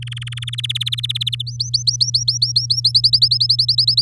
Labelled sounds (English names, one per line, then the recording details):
Domestic Canary song
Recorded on 6 May 2018 at 11:27
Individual llb16